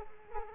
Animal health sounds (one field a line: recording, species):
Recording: mosquito wingbeat signal from an infrared sensor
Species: Culex quinquefasciatus